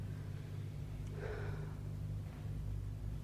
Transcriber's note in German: schweres Atmen, Pause